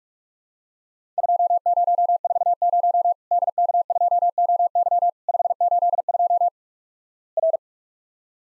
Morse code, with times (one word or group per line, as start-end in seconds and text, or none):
1.2-3.1 2040
3.3-5.1 DK2OY
5.3-6.5 582
7.4-7.6 R